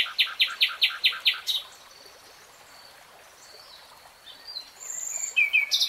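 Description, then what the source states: Nightingale song: a series of loud, evenly spaced repeated notes, a long pause, then another phrase begins. Nightingale singing in real time.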